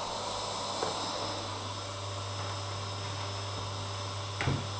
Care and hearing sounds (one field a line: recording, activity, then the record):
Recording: daily activity, microphone in the room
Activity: vacuum cleaning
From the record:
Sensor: 3